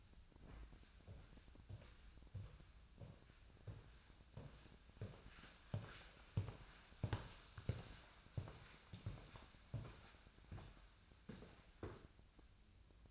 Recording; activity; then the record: daily activity, microphone in the room; walk to room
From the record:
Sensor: 2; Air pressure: 1010.0 hPa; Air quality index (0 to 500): 172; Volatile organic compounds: 9 ppm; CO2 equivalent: 2148 ppm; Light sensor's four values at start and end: 35/87/37/42 and 35/87/37/42